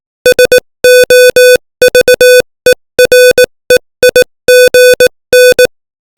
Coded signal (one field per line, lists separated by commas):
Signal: Morse code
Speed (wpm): 18 wpm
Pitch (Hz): 500 Hz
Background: music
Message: SOVEREIGN